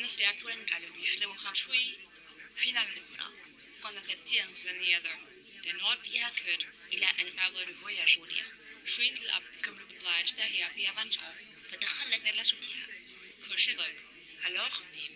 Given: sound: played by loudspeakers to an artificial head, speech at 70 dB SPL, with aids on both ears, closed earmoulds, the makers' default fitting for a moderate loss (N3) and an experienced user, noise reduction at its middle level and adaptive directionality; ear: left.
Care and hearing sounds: speech test signal (ISTS) in cocktail-party noise; 0 dB; in front (0 degrees)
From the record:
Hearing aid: class 2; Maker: H

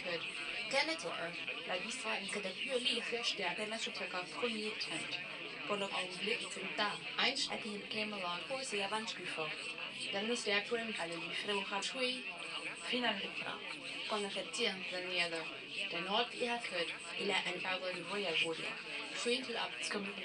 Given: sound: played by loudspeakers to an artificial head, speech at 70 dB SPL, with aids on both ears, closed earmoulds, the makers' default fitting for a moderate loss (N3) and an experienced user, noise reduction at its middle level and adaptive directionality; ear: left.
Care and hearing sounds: speech test signal (ISTS) in cocktail-party noise; +9 dB; on the right (90 degrees)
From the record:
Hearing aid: class 2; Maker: I

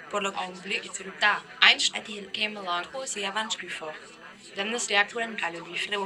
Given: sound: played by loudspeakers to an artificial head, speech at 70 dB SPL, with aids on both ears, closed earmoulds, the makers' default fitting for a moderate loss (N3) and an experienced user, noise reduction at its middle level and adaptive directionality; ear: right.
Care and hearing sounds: speech test signal (ISTS) in cocktail-party noise; +6 dB; in front (0 degrees)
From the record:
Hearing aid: class 2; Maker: E

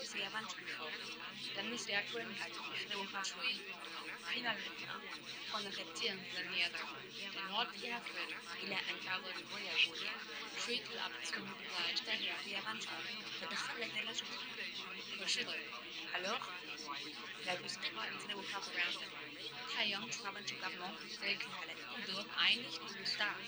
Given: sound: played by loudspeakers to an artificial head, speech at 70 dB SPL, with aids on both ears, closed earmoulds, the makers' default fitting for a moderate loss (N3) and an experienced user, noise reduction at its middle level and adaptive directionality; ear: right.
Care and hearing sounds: speech test signal (ISTS) in cocktail-party noise; -6 dB; on the right (90 degrees)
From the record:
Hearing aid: class 2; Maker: F

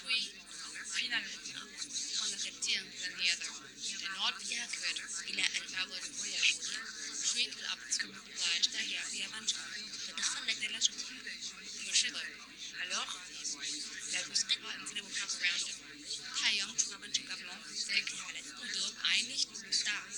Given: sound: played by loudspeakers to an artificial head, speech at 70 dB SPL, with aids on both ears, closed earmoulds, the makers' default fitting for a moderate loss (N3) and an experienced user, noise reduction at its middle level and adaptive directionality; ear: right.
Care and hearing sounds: speech test signal (ISTS) in cocktail-party noise; -6 dB; on the right (90 degrees)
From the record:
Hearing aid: class 1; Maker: J

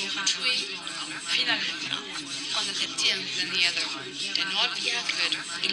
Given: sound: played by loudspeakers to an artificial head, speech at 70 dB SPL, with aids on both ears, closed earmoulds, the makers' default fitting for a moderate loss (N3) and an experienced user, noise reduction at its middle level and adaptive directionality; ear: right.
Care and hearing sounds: speech test signal (ISTS) in cocktail-party noise; -6 dB; on the right (90 degrees)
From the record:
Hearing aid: class 1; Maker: B

